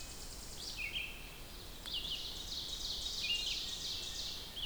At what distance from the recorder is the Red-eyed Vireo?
about 55 m